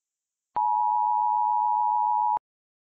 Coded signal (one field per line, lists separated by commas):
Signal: Emergency Alert System (SAME) tones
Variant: 853 and 960 Hz attention tone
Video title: Mock EAS Request: Van Wert, County, Ohio Tornado Warning